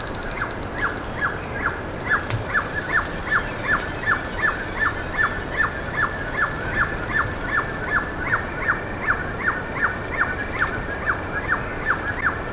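Bird calls: crisp downslurred notes repeated at a steady pace, about two to three per second, with a brief high whistle and faint twittering behind.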